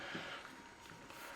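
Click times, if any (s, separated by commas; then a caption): none. A replacement ear pad's plastic clip is being handled and pressed toward a Bose QuietComfort Ultra headphone ear cup, with only faint soft handling noise and no distinct click. Nothing has seated or clicked yet.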